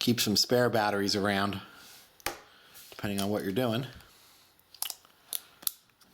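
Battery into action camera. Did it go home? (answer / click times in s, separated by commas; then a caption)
yes / 4.8 s, 5.7 s. A lithium battery is pushed back into the plastic body of a Sony HDR-AS100V action camera. Someone talks, then a short pause comes before a series of sharp clicks and taps. The battery snaps into place with clicks at 4.8 s and 5.7 s.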